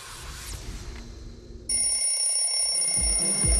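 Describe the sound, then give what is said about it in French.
An alarm clock bursts into loud, shrill, continuous ringing after a brief stretch of muffled low noise, the high metallic tone holding steady without pause until the end. “Allez, faut se lever. C'est l'heure du coup de boost. Le deuxième réveil de la journée.”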